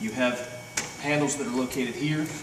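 Someone talks while handling the extendable carry handle on an EMS stair chair frame, with a couple of brief knocks beneath the voice. Nothing has seated or clicked into place yet.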